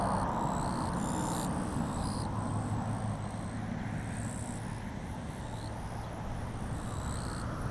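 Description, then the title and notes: Japanese bush cricket chorus: several insects give high, buzzy bursts that overlap and alternate, with a constant low rumble throughout. Chorusing actively in daytime blazing heat, 5 August 2020, Kariwa, Niigata, Japan; same spot as a night recording; ZOOM H6 with Sennheiser MKH8020. "炎天下のキリギリス. 新潟県刈羽村"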